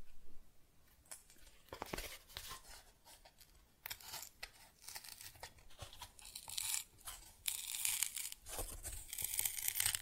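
Cardboard being scratched, traced and torn, with quick bright rasping strokes that come in irregular bursts throughout. The sound thickens in the second half into denser, harsher tearing and scraping, with only brief pauses between strokes and a faint low rumble underneath.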